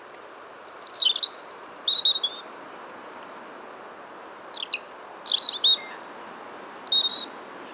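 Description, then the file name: European robin with high, liquid warbled phrases of falling and rising notes, a brief quiet gap, then more thin whistles and trills; low background hiss throughout. "Erithacus rubecula"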